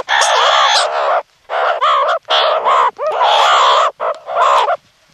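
Meerkat rasping calls in a few long bursts with wavering tones and short gaps between them.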